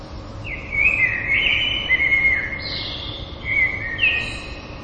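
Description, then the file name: Common blackbird delivering loud, rich fluted warbles, with a higher squeaky note midway and another whistled phrase with a thin twittered ending, over light background noise. "merles"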